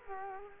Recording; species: mosquito wingbeat signal from an infrared sensor; Culex quinquefasciatus